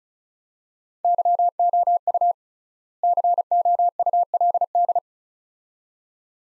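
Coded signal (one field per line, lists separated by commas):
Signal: Morse code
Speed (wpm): 36 wpm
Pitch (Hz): 700 Hz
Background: none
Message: YOU COULD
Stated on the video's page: Morse practice of two-word sets at 35 wpm with 3x word spacing, a Farnsworth-like method applied to words; each set is sent in Morse then spoken.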